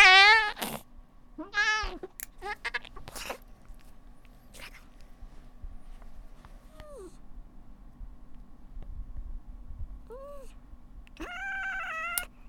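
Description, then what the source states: Cat giving a few harsh cries early, then a long quiet gap with faint clicks, and two short mews before one last sustained meow. Angry cat.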